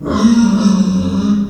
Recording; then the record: squeal of a Yucatan mini pig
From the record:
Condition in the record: after surgery on the right vocal fold (resection and tissue-engineered implant); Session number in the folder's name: 10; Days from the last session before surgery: 86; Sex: female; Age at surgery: 19 weeks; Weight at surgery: 25 kg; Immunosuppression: prednisolone